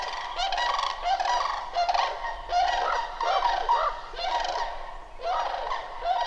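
Bird calls in a dense, overlapping chorus of harsh, nasal notes, several callers at once, running almost without pause.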